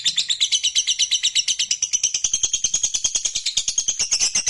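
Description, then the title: Lovebird song, a steady run of quick, squeaky, high twittering notes delivered in a tight, rhythmic stream. Fighter-type lovebird singing energetically, in the gacor style. "SUARA Lovebird FIGHTER GACOR"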